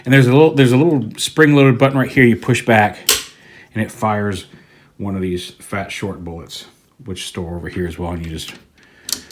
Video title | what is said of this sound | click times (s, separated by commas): Video Review: Fans Hobby MB-09A/B Trailer for Archenemy/Gun Fighter II | it back in to load it you'll hear it click into place and | 9.1 s